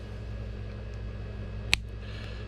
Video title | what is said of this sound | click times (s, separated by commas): How to replace a 2006 Ford F-250 3 Button Remote Head Key Battery | and just go and squeeze it you've heard it snap together wipe your fingers around make sure it's seated | 1.7 s